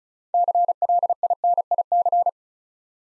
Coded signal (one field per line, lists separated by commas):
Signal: Morse code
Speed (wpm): 36 wpm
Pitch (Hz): 700 Hz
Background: none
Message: CLINIC